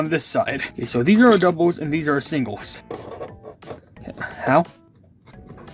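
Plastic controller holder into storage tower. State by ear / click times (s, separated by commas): not seated / none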